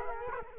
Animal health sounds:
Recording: mosquito wingbeat signal from an infrared sensor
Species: Culex quinquefasciatus

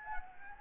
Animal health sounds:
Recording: mosquito wingbeat signal from an infrared sensor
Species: Anopheles gambiae

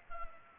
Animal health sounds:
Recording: mosquito wingbeat signal from an infrared sensor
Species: Culex pipiens

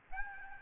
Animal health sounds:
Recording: mosquito wingbeat signal from an infrared sensor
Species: Aedes albopictus

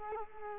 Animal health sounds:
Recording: mosquito wingbeat signal from an infrared sensor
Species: Culex quinquefasciatus

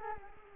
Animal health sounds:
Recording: mosquito wingbeat signal from an infrared sensor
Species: Culex quinquefasciatus

